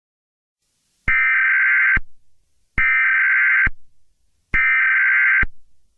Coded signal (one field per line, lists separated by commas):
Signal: Emergency Alert System (SAME) tones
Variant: header bursts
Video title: EAS Scenario: Grand Rapids House fire + Denver Attack.